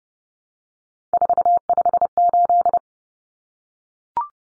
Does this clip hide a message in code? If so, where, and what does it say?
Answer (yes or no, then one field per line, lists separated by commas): yes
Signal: Morse code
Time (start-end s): 1.1-2.8 s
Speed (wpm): 30 wpm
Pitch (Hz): 700 Hz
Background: none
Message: 458